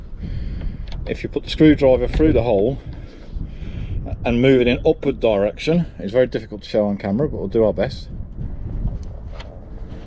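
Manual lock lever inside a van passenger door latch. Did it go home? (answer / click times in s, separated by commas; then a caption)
no / none. A screwdriver is pushed through the hole above the passenger door latch of a Fiat Ducato van and moved upward to set the manual lock lever inside the latch by hand, because the battery is flat. Someone talks throughout while faint scraping and handling sounds are heard. Nothing has clicked or seated yet.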